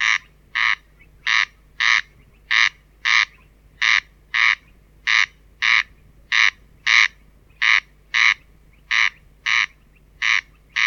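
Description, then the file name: Corn crake rasping call, dry double 'crex-crex' notes repeated steadily in pairs throughout, with a faint low hum underneath. "Golosa ptic i zverei - Korostel"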